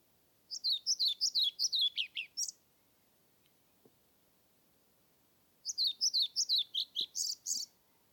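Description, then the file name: European Pied Flycatcher delivering two phrases of high, twittering notes, each about two seconds long, with a quiet gap between. Submitted recording made 25 May 2021 at Nordvik, with a Zoom recorder. "20210525 svarthvit nordvik zoom"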